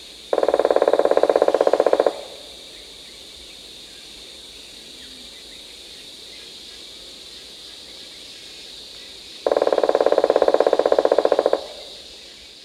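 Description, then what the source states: Buff-necked woodpecker giving rapid, dense pulsed bursts, each about two seconds long, two bursts seven seconds apart, over a steady high insect hum. Recorded in Danum Valley on 1 April 2006.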